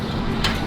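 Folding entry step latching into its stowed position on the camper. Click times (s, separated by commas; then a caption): 0.5 s. An adjustable aluminum triple entry step by Lippert on a 2022 Ember RV Overland Series 171FB camper is lifted up with one hand to stow it. Against a steady low background hum, a single sharp latching hit sounds at 0.5 s as the step locks in its stowed position.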